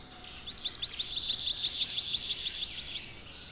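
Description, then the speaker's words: Swamp Sparrow song, a steady even trill of rapid high notes lasting nearly three seconds, over faint background noise. More musical than the chipping sparrow; often sings on two pitches. "Swamp sparrows are more musical than chipping sparrows. Often the swamp sparrow sings on two pitches."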